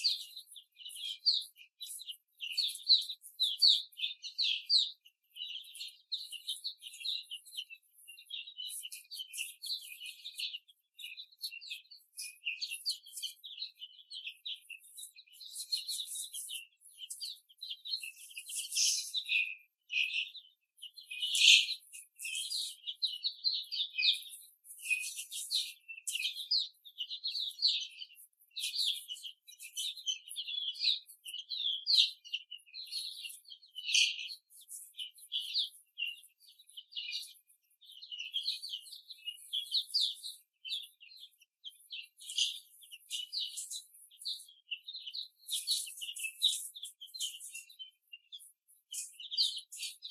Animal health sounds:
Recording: young laying hens in a cage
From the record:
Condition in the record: before the stressor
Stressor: simulated dog barking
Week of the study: 3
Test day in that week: 1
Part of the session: 2

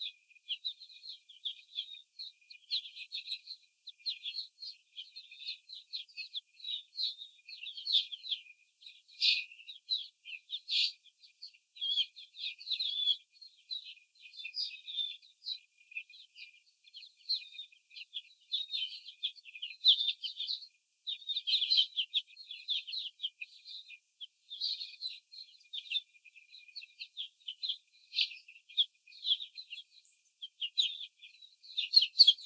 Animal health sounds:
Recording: young laying hens in a cage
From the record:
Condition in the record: after the stressor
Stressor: simulated dog barking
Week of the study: 4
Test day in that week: 3

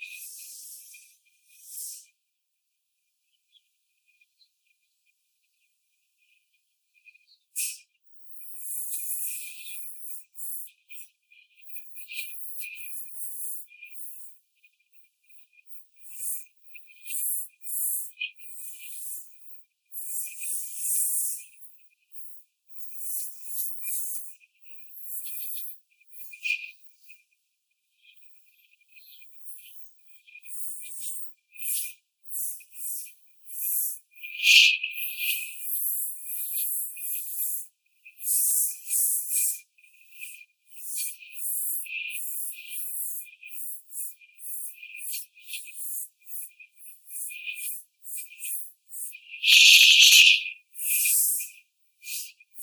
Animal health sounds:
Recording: young laying hens in a cage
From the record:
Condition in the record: before the stressor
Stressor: simulated dog barking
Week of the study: 4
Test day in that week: 2

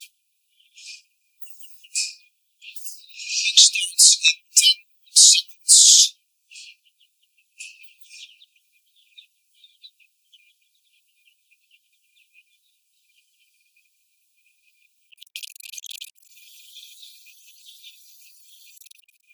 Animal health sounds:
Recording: young laying hens in a cage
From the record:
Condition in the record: before the stressor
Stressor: sudden umbrella opening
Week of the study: 2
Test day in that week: 1

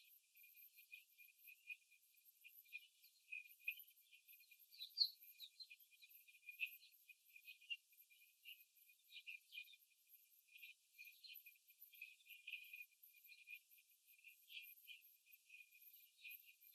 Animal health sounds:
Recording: young laying hens in a cage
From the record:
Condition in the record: after the stressor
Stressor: simulated dog barking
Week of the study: 3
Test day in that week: 2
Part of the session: 3

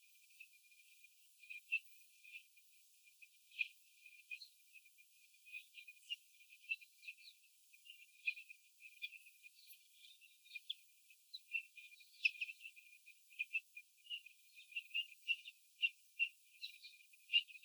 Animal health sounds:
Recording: young laying hens in a cage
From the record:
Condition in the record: before the stressor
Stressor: sudden umbrella opening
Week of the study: 3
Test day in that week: 2

